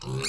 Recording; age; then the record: pig call; weaner (32 to 43 days)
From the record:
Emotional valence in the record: negative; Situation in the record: novel object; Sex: female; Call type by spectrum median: low-frequency call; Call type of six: mixed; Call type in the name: high-frequency modulated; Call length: 0.29 s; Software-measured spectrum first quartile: 266 Hz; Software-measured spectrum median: 1804 Hz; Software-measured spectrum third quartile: 4950 Hz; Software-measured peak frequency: 134 Hz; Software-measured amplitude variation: 103 dB a second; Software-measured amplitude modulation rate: 22.1 a second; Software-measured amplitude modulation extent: 4.7 dB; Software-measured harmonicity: 2.7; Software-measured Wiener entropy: -2.93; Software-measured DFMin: 712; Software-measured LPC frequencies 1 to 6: 1278, 2524, 4298, 4615, 5519, 6514 Hz